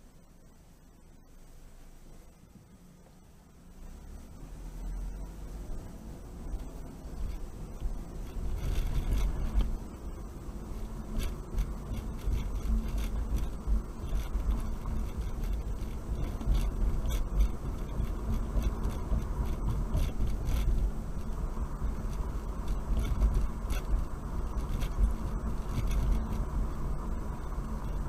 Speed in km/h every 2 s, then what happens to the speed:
0, 0, 0, 21, 23, 26, 29, 32, 35, 39, 40, 40, 42, 42.
0-4 standing. 4-20 pulls away to 40. 20-28 steady at about 40.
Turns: none.